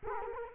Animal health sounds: mosquito wingbeat signal from an infrared sensor; Culex quinquefasciatus

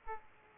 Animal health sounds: mosquito wingbeat signal from an infrared sensor; Aedes aegypti

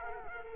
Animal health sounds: mosquito wingbeat signal from an infrared sensor; Culex quinquefasciatus

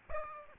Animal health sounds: mosquito wingbeat signal from an infrared sensor; Aedes aegypti

